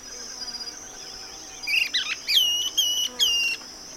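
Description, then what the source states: Short-crested flycatcher calling a quick series of descending, whistled notes, several in a row, against a constant shrill insect chorus. Call, recorded 8 June 2008.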